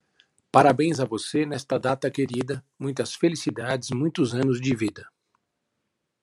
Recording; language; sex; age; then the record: short text; Brazilian Portuguese; male; 50 to 59 years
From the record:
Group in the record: control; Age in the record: 52 years